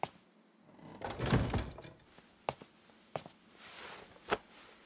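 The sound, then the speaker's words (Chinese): A waiter knocks lightly at a guest room door of the Bafang Inn and the door opens: a rising, rushing swell followed by three sharp, evenly spaced knocks or thuds, fairly quiet overall with no voices. “八方客栈的一间上房门外，小二轻轻叩门，房门打开，一袭绿裳站在门后，见到小二身后的安顺王，好像早有预料一样，将他让进房内。”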